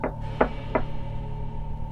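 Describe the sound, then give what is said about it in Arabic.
Three quick knocks on a wooden door, evenly spaced at the start and then silence, over a steady low hum. “خبطت على الباب بعدها”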